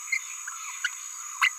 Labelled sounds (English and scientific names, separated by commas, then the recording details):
Green-rumped Parrotlet (Forpus passerinus) babbling
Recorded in a nest box in Venezuela
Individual 18B17A4